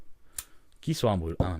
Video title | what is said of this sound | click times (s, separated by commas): [Vlog 12] Le briquet mystère et ses secrets ! | Tac, un petit clip et vous avez un briquet de table qui | 0.4 s